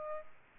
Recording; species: mosquito wingbeat signal from an infrared sensor; Aedes aegypti